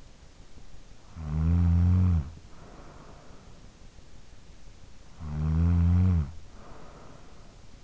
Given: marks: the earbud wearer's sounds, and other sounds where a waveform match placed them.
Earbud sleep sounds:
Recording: sounds in sleep by an in-ear microphone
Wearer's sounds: snoring breath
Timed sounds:
0.77-3.81 s: snoring breath
4.61-7.84 s: snoring breath

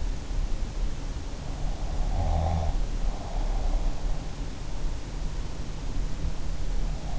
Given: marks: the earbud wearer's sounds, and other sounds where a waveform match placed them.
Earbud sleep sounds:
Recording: sounds in sleep by an in-ear microphone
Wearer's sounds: snoring breath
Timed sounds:
2.11-3.71 s: snoring breath

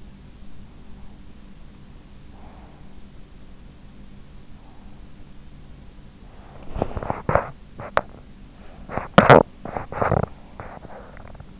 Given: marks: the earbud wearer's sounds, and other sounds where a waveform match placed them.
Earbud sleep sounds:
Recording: sounds in sleep by an in-ear microphone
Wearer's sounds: breath, teeth grinding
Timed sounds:
2.05-2.97 s: breath
6.54-11.59 s: teeth grinding

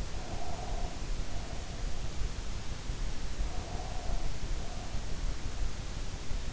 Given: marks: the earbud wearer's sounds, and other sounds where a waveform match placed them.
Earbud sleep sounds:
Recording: sounds in sleep by an in-ear microphone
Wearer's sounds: breath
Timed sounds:
0.19-2.30 s: breath
3.40-5.35 s: breath

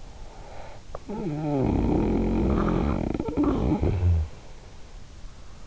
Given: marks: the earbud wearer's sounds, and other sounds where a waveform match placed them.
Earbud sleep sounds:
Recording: sounds in sleep by an in-ear microphone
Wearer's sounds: snoring breath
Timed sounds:
0.55-5.01 s: snoring breath

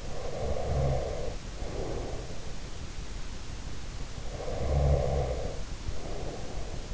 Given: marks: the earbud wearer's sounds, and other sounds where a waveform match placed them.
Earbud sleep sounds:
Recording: sounds in sleep by an in-ear microphone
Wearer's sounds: breath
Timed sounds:
0.06-2.72 s: breath
3.85-6.93 s: breath

